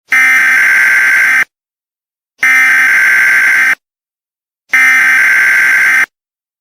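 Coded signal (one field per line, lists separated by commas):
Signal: Emergency Alert System (SAME) tones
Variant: header bursts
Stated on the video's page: Fictional EAS scenario, homemade, not a real national test.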